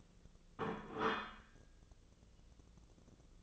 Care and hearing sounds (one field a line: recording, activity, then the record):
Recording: daily activity, microphone in the room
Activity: place plate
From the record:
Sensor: 4